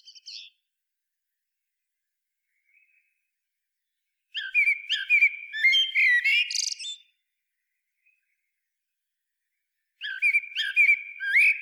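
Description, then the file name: Common blackbird song: a clipped note, then a full warbling phrase with a squeaky high flourish, and another phrase starting near the end, separated by long pauses. "Turdus merula"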